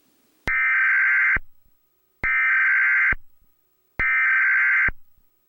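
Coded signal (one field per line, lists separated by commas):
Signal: Emergency Alert System (SAME) tones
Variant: header bursts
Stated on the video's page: Fictional EAS scenario about a bomb attack in Los Angeles, simulated.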